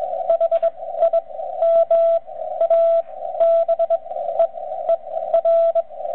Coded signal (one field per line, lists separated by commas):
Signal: Morse code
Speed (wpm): 21 wpm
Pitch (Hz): 670 Hz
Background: radio noise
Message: HI MA BEER